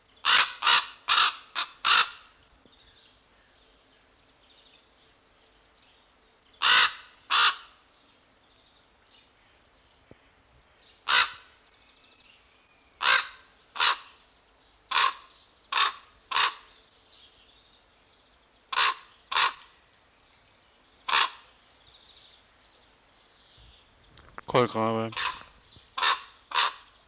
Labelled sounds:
Common Raven (Corvus corax) call
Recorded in captivity
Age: adult
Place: Zoo Berlin, Berlin, DE
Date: 1997-12-30
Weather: fair, 3°C
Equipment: Marantz CP 130, Sony F-V9, Kopie Uher 4000 Report Monitor
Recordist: Tembrock, Günter

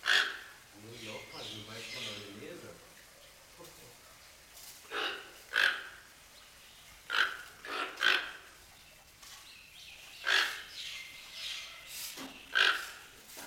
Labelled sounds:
Toco Toucan (Ramphastos toco) call
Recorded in captivity
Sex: pair
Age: adult
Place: Zoo Berlin, Berlin, DE
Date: 1992-05-09 10:40
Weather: wechselnd wolkig, böiger Wind, 10-12°C
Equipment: Nagra SN, Mikrofon AKG CK 8, Kopie Tesla B 116
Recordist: Tembrock, Günter

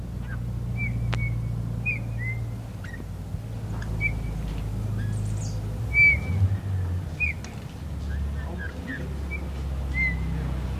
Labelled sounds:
Eurasian Bullfinch (Pyrrhula pyrrhula)
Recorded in the wild
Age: adult
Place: Untertweng, AT
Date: 1971-02-21
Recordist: Brunner, Thomas
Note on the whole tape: Aufnahme: Untertweng, Gegental, Kärnten

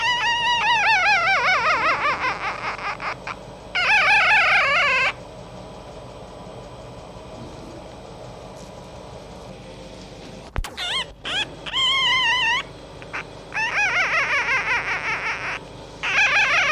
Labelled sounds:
Red Fox (Vulpes vulpes)
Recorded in captivity
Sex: female
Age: juvenile
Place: Zoologisches Institut der HUB, Berlin, DE
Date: 1956-05-02 13:15
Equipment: Elmetra
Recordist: Tembrock, Günter

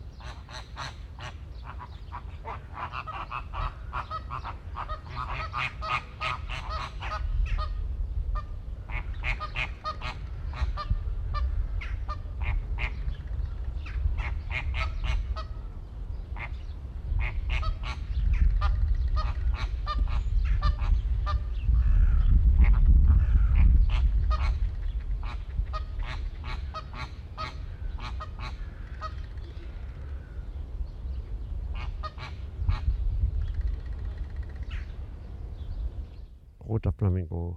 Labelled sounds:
American Flamingo (Phoenicopterus ruber)
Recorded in captivity
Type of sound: call, call sequence, squawk
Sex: group
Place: Zoo Berlin, Berlin, DE
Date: 1995-03-14 13:01
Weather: bedeckt, -1 °C
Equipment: Sony WM-D6C, Sennheiser ME 80, Kopie Uher Variocord 263
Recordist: Tembrock, Günter
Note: Gruppe: agonistisch. Entfernung: 15 m

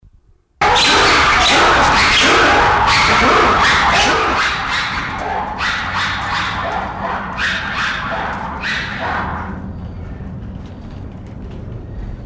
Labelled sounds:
Black-and-white Ruffed Lemur (Varecia variegata) call
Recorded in captivity
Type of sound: call
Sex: group
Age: diverse
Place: Zoo Leipzig, Sachsen, DE
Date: 1995-10-25 13:00
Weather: heiter 14°C
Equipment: Sony WM-D6C, Sennheiser ME 80, Kopie Uher 4000 Report Monitor
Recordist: Tembrock, Günter
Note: Rufe in der Gruppe. Entfernung ca. 20 m

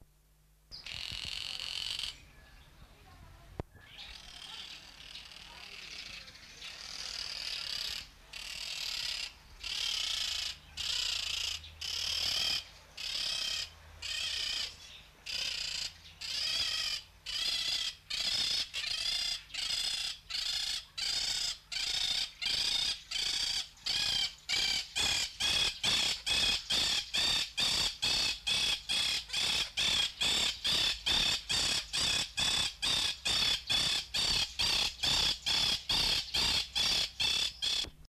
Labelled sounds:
Monk Parakeet (Myiopsitta monachus) call
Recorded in captivity
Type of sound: call
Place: Tierpark Göttingen, Niedersachsen, DE
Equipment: Halbspur, 9,5 cm/s
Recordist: Lütgens, Hans
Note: Rufe

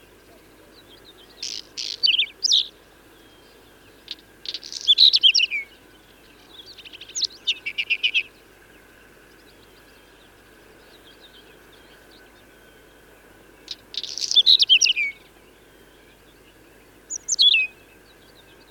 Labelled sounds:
Whinchat (Saxicola rubetra) song
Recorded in the wild
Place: Lütow, Insel Usedom, Mecklenburg-Vorpommern, DE
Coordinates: 54.032, 13.888
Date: 1975-06-15 04:20
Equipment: Nagra III BH, Sennheiser MD 21, parabola
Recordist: Schubert, Michael

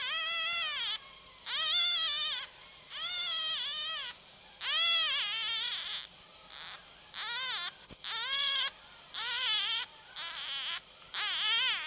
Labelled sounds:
Red Fox (Vulpes vulpes)
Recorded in captivity
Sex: male
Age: juvenile
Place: Zoologisches Institut der HUB, Berlin, DE
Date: 1956-04-01 13:00
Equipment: Elmetra
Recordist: Tembrock, Günter
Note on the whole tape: Zenzi-Welpen (Männchen 1): Quärren

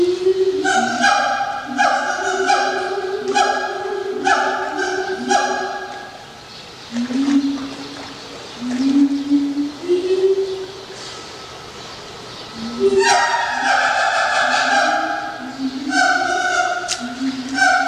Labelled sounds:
Siamang (Symphalangus syndactylus) song
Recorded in captivity
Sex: pair
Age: adult
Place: Zoo Berlin, Berlin, DE
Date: 1987-07-02
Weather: sunny, 20°C
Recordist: Tembrock, Günter

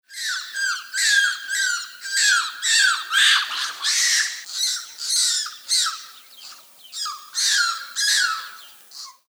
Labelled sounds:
Japanese Macaque (Macaca fuscata)
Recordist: Tembrock, Günter
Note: Weibchen: Abwehrlaute gegen Männchen (Futterverteidigung)

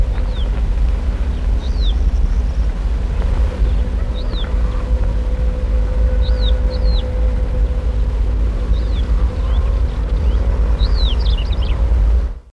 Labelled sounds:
Greater Short-toed Lark (Calandrella brachydactyla) call
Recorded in the wild
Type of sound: call
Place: Mallorca, ES
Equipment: Halbspur, 9,5 cm/s
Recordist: Lütgens, Hans
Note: Rufe

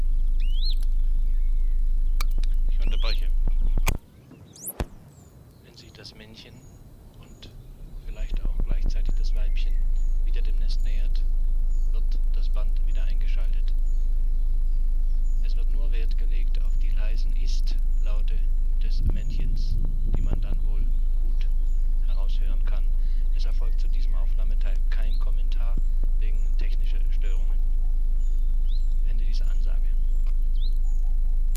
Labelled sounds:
Western Bonelli's Warbler (Phylloscopus bonelli)
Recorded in the wild
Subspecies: bonelli
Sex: diverse
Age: diverse
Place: am Erdbeerberg bei Eningen unter Achalm, Schwäbische Alb, Baden-Württemberg, DE
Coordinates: 48.4833, 9.26667
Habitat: forested mountain side
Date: 1970-06-23 10:30
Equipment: Nagra III PH, MD211, DP26
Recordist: Schneider, Hans-Joachim

